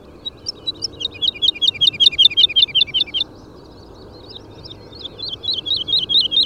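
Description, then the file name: Woodlark song: a run of many liquid, evenly repeated notes, then a pause and a second series of looping notes. Nominate subspecies Lullula arborea arborea. "Boomleeuwerik Lullula arborea arborea"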